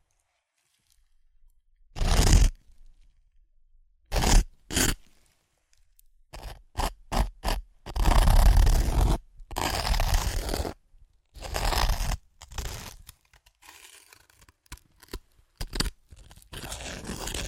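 Chips crunch and crush in sharp, irregular bursts, first sparse then rapid, with longer rustling crumbles between 8 and 13 seconds.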